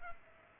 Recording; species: mosquito wingbeat signal from an infrared sensor; Culex pipiens